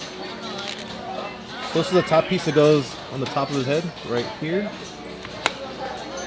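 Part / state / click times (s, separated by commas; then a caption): plastic top piece into toy droid head / seated / 5.5 s. Someone talks while a plastic top attachment is pressed onto the top of a C-Series toy droid's head. A sharp snap is heard at 5.5 s as the piece snaps in and seats.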